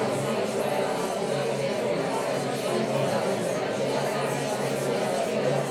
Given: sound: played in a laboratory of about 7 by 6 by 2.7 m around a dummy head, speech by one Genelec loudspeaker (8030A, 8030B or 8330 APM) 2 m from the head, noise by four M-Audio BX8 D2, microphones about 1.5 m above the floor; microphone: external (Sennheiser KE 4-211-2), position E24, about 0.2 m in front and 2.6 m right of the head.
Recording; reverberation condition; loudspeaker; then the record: babble noise; medium; four, about 170 cm from the corners of the room and facing them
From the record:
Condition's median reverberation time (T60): about 510 ms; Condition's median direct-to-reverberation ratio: about -0.5 dB